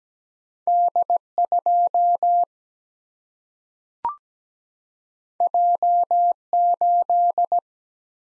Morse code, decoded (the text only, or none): D 2 J 8